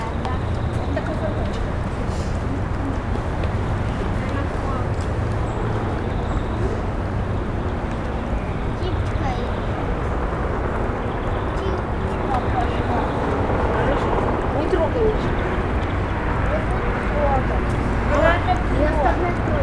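At noon in a London churchyard garden, dense overlapping chatter fills the air over a steady low traffic rumble, with occasional brighter clinks.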